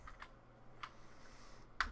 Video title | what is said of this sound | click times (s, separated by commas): iOttie One Touch XL -- Unboxing | Push down and kind of clicks into place. | 1.8 s